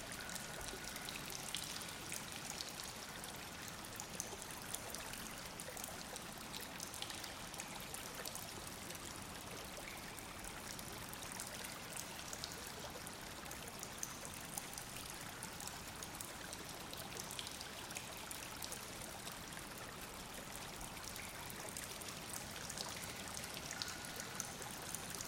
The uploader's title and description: Glacier Cave With Stream. The icicles slowly melt and drip off the glacier walls. A small stream trickles through the tunnel.